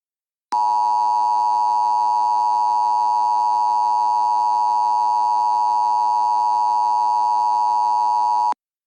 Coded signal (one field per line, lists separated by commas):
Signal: Emergency Alert System (SAME) tones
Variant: 853 and 960 Hz attention tone